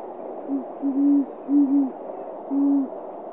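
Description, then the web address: Great horned owl hoots: several deep, even notes in a rhythmic series, ending with a longer hoot, over steady background hiss. "bird voices virginia eagle owl bubo virginianus"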